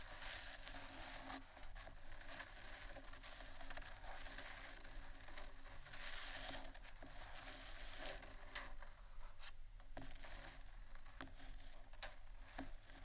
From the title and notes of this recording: ASMR Scratchtap On Various Items （No Talking）.